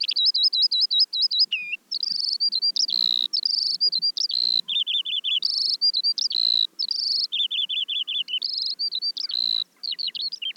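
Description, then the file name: Eurasian skylark song: an unbroken, fast-flowing torrent of high warbled whistles, trills and chirps, varying constantly in pitch. "veldleeuwerik"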